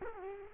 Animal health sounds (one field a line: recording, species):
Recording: mosquito wingbeat signal from an infrared sensor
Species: Culex quinquefasciatus